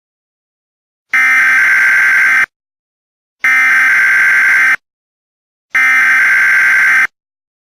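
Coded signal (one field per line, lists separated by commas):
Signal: Emergency Alert System (SAME) tones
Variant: header bursts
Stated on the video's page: Fictional EAS scenario made for entertainment, not a real alert.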